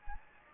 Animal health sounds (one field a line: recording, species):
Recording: mosquito wingbeat signal from an infrared sensor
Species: Anopheles gambiae